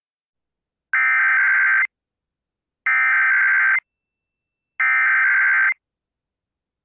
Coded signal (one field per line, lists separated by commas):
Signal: Emergency Alert System (SAME) tones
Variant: header bursts